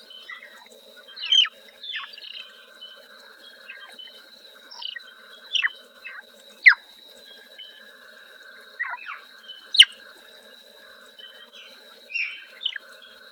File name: Rana swinhoana